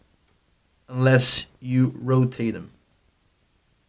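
Someone talks briefly while handling the twist-up eyecup on the eyepiece of a pair of Swarovski CL Companion 8x30 binoculars. Nothing has clicked or seated yet; the eyecup has not reached its detent position by the end.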